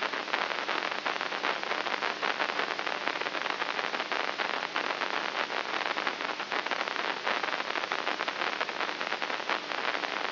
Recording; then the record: brain microelectrode recording played as sound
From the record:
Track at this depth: inside the subthalamic nucleus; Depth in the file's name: 2.24 mm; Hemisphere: right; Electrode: 3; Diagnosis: Parkinson's disease